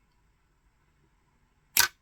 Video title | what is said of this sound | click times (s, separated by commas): Wool Jeanie Full Review | snap into place there. | 1.8 s